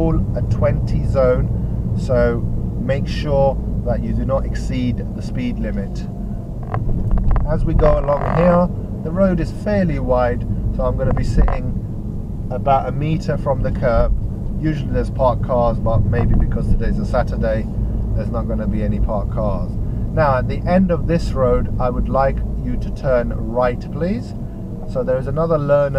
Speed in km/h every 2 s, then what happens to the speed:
29, 26, 23, 24, 26, 26, 26, 26, 27, 27, 26, 19, 8.
0-3 slows to 23. 3-19 steady at about 26. 19-26 slows to 8.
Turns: none.